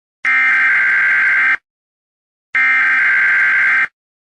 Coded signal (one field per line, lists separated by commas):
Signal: Emergency Alert System (SAME) tones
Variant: header bursts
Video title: Emergency outbreaks sound SOS sound￼